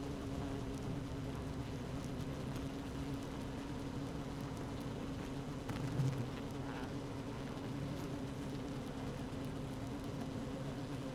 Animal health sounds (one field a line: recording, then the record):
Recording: honeybee colony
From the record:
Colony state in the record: active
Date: 12 June 2018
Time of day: 15:18